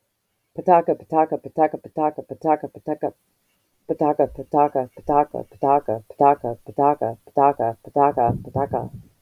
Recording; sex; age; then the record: repeated syllables /pa ta ka/; female; 40 to 49 years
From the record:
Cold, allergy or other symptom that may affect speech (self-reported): no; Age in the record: 43 years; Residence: United States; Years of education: 12